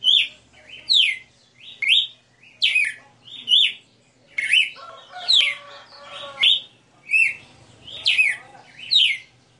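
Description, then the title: Red-cowled cardinal singing a steady run of clear, sliding whistles. A short burst of lower, rougher notes falls midway, over a quiet hum. Female bird singing live; the song is described as a 60-note song. "Canto Galo Campina Fêmea 02. Galo de Campina 60 NOTAS Cantando Ao vivo"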